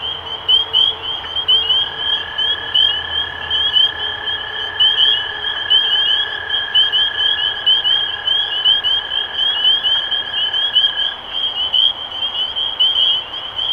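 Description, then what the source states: Spring peepers peeping in a thick chorus of shrill upslurred notes, accompanied by a steady lower tone that runs for several seconds then ends. Recorded 23 March 2012.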